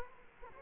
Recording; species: mosquito wingbeat signal from an infrared sensor; Culex quinquefasciatus